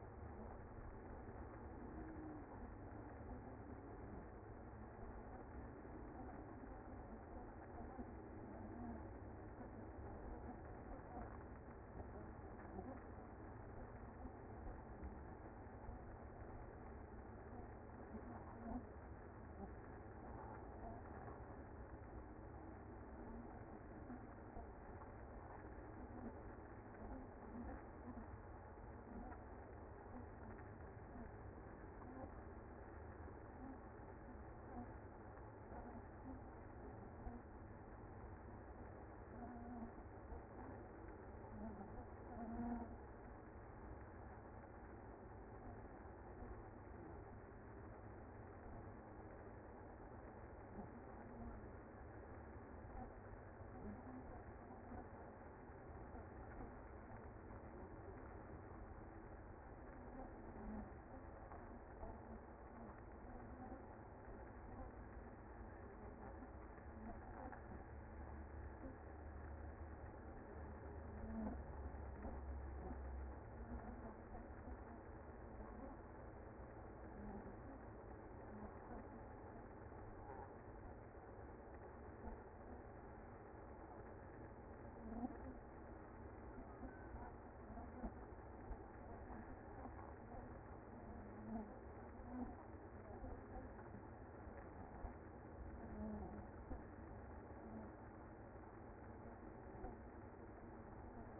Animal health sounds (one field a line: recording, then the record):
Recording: honeybee colony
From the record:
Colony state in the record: active